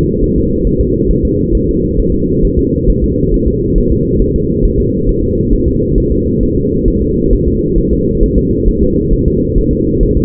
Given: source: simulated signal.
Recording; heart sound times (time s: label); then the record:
fetal heart sounds
0.24 s: S1
0.38 s: S2
0.67 s: S1
0.81 s: S2
1.11 s: S1
1.25 s: S2
1.55 s: S1
1.69 s: S2
2.00 s: S1
2.14 s: S2
2.45 s: S1
2.59 s: S2
2.90 s: S1
3.04 s: S2
3.34 s: S1
3.48 s: S2
3.78 s: S1
3.92 s: S2
4.22 s: S1
4.36 s: S2
4.65 s: S1
4.80 s: S2
5.09 s: S1
5.24 s: S2
5.53 s: S1
5.68 s: S2
5.98 s: S1
6.12 s: S2
6.43 s: S1
6.57 s: S2
6.88 s: S1
7.02 s: S2
7.33 s: S1
7.47 s: S2
7.78 s: S1
7.93 s: S2
8.23 s: S1
8.38 s: S2
8.68 s: S1
8.83 s: S2
9.13 s: S1
9.28 s: S2
9.58 s: S1
9.73 s: S2
10.03 s: S1
10.17 s: S2
From the record:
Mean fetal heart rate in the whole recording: 135 bpm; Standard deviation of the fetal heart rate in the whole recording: 3 bpm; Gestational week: 36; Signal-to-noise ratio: -10.2 dB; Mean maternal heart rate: 72 bpm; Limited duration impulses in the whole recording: present